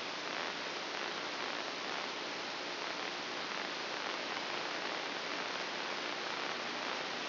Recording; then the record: brain microelectrode recording played as sound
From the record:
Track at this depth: outside the subthalamic nucleus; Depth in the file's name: 7.104 mm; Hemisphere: left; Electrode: 2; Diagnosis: Parkinson's disease